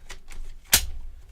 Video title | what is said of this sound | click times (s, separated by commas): MAK 90 Polymer Magazines Fitment | snap right in no problem at all | 0.7 s